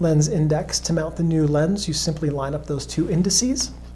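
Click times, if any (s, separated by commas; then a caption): none. Someone talks while lining up the index marks of an interchangeable lens with those on the metal bayonet mount of a Minolta X-600 film SLR camera body, before turning it clockwise to lock. A steady low hum sits under the voice. Nothing has seated or clicked yet; the clip ends before the lens locks into place.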